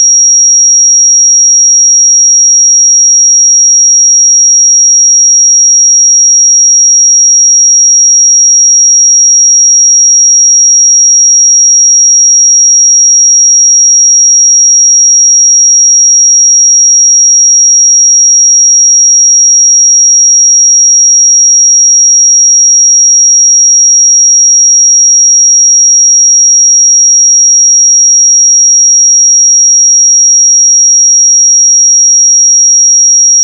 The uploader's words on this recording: 5655 Hz 1 Hz Interval Sine Pure Tone. 441000 Sample Mono.